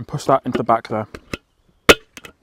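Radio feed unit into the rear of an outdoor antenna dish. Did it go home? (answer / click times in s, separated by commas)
yes / 1.3 s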